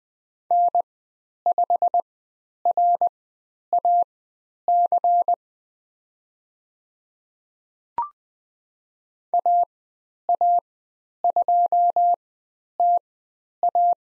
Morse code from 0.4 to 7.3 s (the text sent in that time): N5RAC